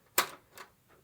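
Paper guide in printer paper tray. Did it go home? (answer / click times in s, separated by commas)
yes / 0.2 s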